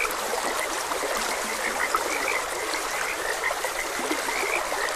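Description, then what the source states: Frogs croaking in a loose chorus of short bright notes, some louder calls standing out, over a constant wash of running water. Frogs croaking beside a gentle stream.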